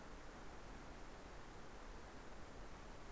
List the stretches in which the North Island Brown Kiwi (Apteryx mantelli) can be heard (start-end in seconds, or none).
none